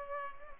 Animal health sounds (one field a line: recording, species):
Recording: mosquito wingbeat signal from an infrared sensor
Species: Culex pipiens